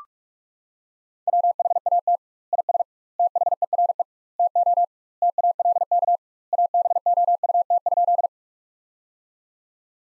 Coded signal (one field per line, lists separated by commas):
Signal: Morse code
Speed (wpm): 47 wpm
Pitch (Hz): 700 Hz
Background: none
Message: WHAT IS THERE TO TALK ABOUT?